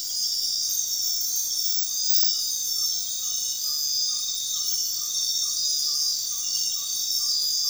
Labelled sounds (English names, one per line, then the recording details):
Gray-cowled Wood-Rail
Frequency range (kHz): Gray-cowled Wood-Rail 0.6-1.6 kHz
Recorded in dense forest near Puerto Asís, Putumayo, Colombia, on 21 February 2024 at 02:30
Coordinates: 0.466, -76.327
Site G6413